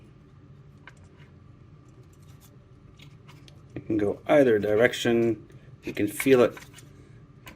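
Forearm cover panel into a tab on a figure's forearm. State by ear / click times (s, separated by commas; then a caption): seated / 7.5 s. A plastic cover panel on the forearm of a Legacy Blitzwing transforming action figure is pressed over a homemade plastic tab, with faint handling ticks early on while someone talks from about 3.8 to 6.5 s. The panel clicks into its slot at 7.5 s, and it now sits nice and secure, the tab having been added because the forearm seemed to be missing one.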